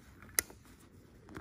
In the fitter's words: it just clicks right in